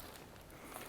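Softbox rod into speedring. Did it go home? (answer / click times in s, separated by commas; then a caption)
no / none. A softbox rod is being handled and pushed up toward a speedring, but nothing has seated or clicked yet. Only a low, steady rustling is heard, with two brief soft bumps near 0.0 and 0.8 seconds.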